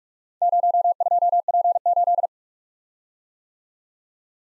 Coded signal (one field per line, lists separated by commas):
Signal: Morse code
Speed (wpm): 43 wpm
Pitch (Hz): 700 Hz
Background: none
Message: 02P8